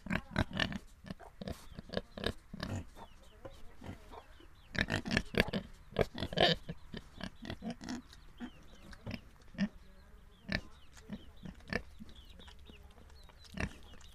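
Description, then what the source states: Pig grunts: rough, irregular snorting grunts in uneven clusters, with louder bursts in the middle. Holophonic (olofonia) recording.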